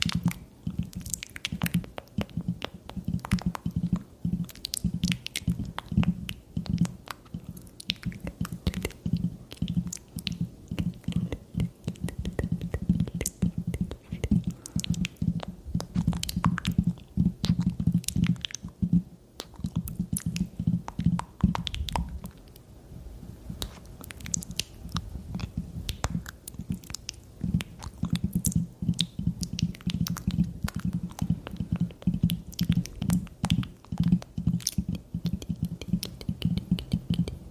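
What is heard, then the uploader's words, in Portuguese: Intense wet mouth sounds with small clicking smacks, packed close together in a fast, uneven stream for the whole clip. Low, soft squishing stays underneath, with a brief lull near 22 seconds. Sons de Boca Intenso. Um ASMR focando em sons de boca molhados e estalinhos para promover relaxamento intenso e arrepios.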